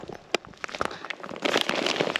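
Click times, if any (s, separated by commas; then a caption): 0.4 s. After the roll-top waterproof pack is rolled closed and knocked down, its plastic side-release buckles are pushed together and snap in with a sharp click at 0.4 s, seating to seal the pack waterproof. Soft rustling and several more light ticks follow through the rest of the clip.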